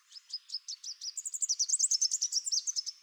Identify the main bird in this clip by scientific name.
Basileuterus delattrii